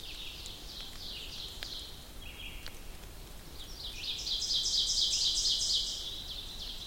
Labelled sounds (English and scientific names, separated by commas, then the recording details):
Ovenbird (Seiurus aurocapilla) song
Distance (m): 25 m
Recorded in boreal forest in Alberta, Canada, on 2 June 2016 at 07:39
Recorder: SongMeter 3, array SBT-3-7
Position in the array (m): 46 m, 152 m
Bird 4